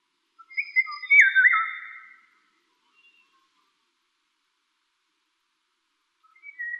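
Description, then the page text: Eurasian golden oriole giving a single melodious whistled phrase with a swooping yodel-like drop, followed by silence and the start of another phrase at the end. "Krzysiek Deoniziak - Обыкновенная иволга (Oriolus oriolus)"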